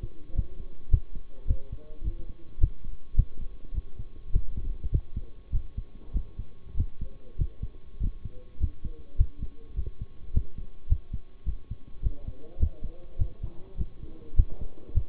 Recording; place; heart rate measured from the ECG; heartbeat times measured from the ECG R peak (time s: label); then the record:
heart sounds by stethoscope; between the tricuspid and mitral areas; 103 bpm
0.35 s: heartbeat
0.91 s: heartbeat
1.47 s: heartbeat
2.04 s: heartbeat
2.60 s: heartbeat
3.16 s: heartbeat
3.74 s: heartbeat
4.32 s: heartbeat
4.92 s: heartbeat
5.52 s: heartbeat
6.13 s: heartbeat
6.77 s: heartbeat
7.38 s: heartbeat
8.00 s: heartbeat
8.60 s: heartbeat
9.18 s: heartbeat
9.76 s: heartbeat
10.33 s: heartbeat
10.89 s: heartbeat
11.45 s: heartbeat
12.02 s: heartbeat
12.59 s: heartbeat
13.18 s: heartbeat
13.77 s: heartbeat
14.36 s: heartbeat
14.94 s: heartbeat
From the record:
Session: bicycle stress test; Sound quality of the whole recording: good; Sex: male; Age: 23 years